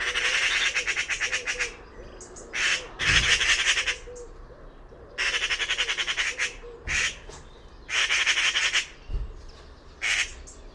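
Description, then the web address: Bird giving harsh, rasping chatters made of rapid pulses, in bursts of varying length coming every few seconds. "Bird Only More Classes Pi Pi Pi Pi"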